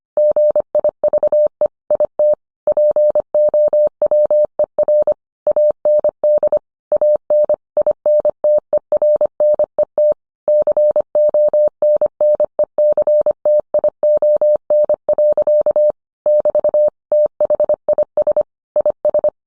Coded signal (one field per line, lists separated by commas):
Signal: Morse code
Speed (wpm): 25 wpm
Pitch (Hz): 600 Hz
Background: none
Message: GIVE IT POWER AND AN INTERNET CONNECTION. <BT> THIS IS